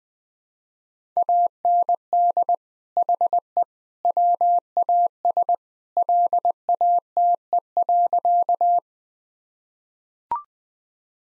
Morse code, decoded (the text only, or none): AND HE WAS LATE.